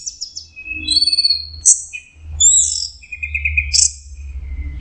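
Orange-headed thrush song of scattered high whistles, a sharp chip and a trilled lower phrase, with a low rumbling hum underneath.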